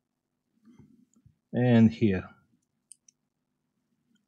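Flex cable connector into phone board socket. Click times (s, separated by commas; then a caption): 2.9 s. The second flex FPC connector of a Samsung S22 Ultra screen is pressed onto its socket on the phone board while someone talks. A sharp click is heard at 2.9 s, and the connector is seated.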